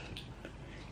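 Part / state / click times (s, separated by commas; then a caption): insulin pump pod cannula inserting into skin site / seated / 0.2 s. An insulin pump pod applied to the stomach inserts its cannula into the skin site, giving a short, sharp click at 0.2 s, followed by a softer, duller tap at about 0.5 s over a low background hiss. The click confirms the cannula is in and seated.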